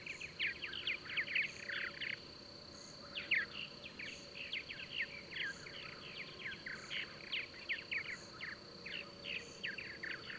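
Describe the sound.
Bird chirping in irregular clusters of rapid notes throughout, set against a steady high drone, faint regular pulsing and a light hiss.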